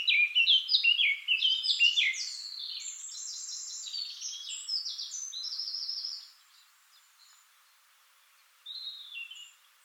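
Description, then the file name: Eurasian blackcap song, a lively, tumbling warble of varied chirps and whistles lasting about six seconds, followed by silence and a faint closing phrase. "Sylvia atricapilla"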